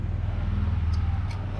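An electrical connector is lined up and pushed back onto an ignition coil during a spark plug change on a 2015 Lexus GX460, after the flexible hoses have been worked into place. A steady low hum runs throughout, with faint brief high hisses near 0.9 s and 1.3 s. The connector has not clicked into place yet.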